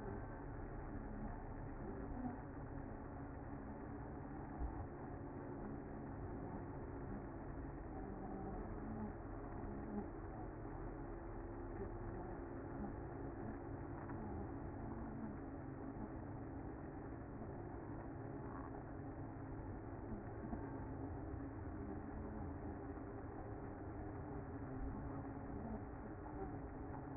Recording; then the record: honeybee colony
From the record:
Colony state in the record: active